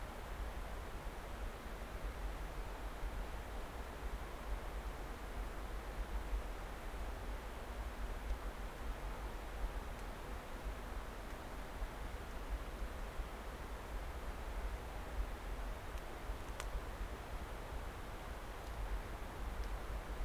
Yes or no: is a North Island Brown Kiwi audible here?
no